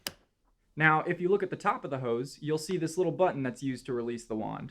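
A vacuum wand is pulled out of the handle of an upright vacuum cleaner, as for normal use, and locks into its extended position with a sharp click at 0.1 s. After a brief silence, someone talks.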